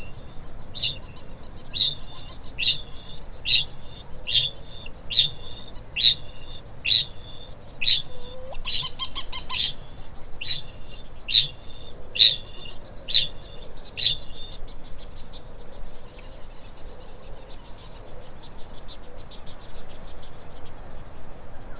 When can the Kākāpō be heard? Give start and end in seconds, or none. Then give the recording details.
0.00-14.45. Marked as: faintness 3/5. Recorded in New Zealand. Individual Stumpy